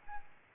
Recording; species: mosquito wingbeat signal from an infrared sensor; Aedes albopictus